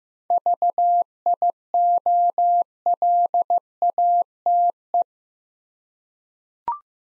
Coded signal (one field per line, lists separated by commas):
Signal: Morse code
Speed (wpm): 15 wpm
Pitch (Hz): 700 Hz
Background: none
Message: VIOLATE